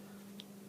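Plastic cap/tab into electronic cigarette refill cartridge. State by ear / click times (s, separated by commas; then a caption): seated / 0.4 s. A plastic cap is pushed down onto a refilled ProSmoke electronic-cigarette cartridge so the plastic tab on the bottom seats fully, which keeps the stuffing from attaching itself to the atomizer. Over a steady low hum, one sharp short tick sounds at 0.4 s, and the cap is seated. No one talks.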